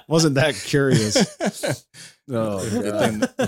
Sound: laughing